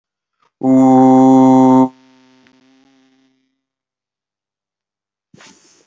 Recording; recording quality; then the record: sustained vowel as in boot; moderate, slight background noise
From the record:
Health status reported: healthy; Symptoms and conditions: none ticked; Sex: male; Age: 34 years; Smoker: not ticked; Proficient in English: yes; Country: India